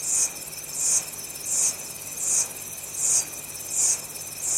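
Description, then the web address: Insect chorus with regular high buzzy pulses recurring a little faster than once a second, set against a constant thin ringing drone. Early evening tropical rain forest atmosphere near Bangui, Central African Republic. "early evening tropical rain forest atmosphere with insects recorded near bangui"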